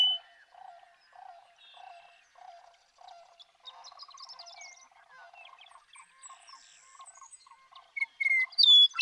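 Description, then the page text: Western meadowlark song bursting in loudly near the end with bright whistled and gurgling notes, after a faint background of other birds with low repeated notes. One male, called Bird 1, singing in Sierra Valley, eastern California, in 2018. "The joy of western meadowlark songs. Come along with me to Sierra Valley in eastern California where, during 2018, I just couldn't get enough of them"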